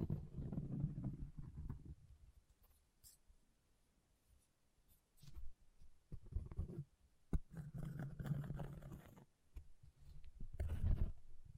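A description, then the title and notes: An object scratches across a surface in rough bursts: a dense rasping stretch in the first two seconds, near silence until about five seconds, then repeated strokes through the end. The scratching is mostly low and grainy, with a few sharp clicks and brighter scrapes near seven and eleven seconds. ASMR Brain Melting Object Scratching (No Talking).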